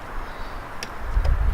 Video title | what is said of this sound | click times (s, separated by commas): HOLDEN CRUZE 1.4T coolent pipe install | go straight down clicks into place | 0.8 s